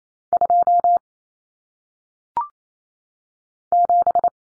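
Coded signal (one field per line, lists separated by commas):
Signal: Morse code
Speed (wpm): 28 wpm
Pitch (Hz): 700 Hz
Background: none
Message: 2 7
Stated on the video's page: Morse code practice drill of common cut numbers for single digits at 28 WPM.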